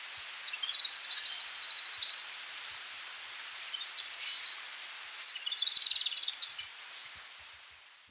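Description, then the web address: Barred Becard song: very high, thin twittering trills in three bursts, each a rapid run of sharp notes, with quieter pauses between. Recorded in Ecuador. "Birds of Ecuador 3. Barred Becard"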